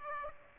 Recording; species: mosquito wingbeat signal from an infrared sensor; Aedes aegypti